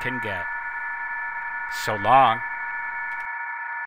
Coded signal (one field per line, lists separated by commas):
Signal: PSK31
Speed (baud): 31.25 baud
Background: speech, radio noise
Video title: HamScope vs DigiPan